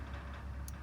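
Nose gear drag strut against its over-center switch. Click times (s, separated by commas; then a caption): 0.7 s. On a Bellanca Viking light aircraft on jacks, the metal nose gear drag strut is pushed up and let back down against its over-center switch over a steady low hum. A short, sharp click at 0.7 s marks the switch tripping as the strut seats at the over-center position.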